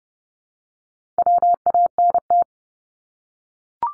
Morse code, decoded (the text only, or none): WANT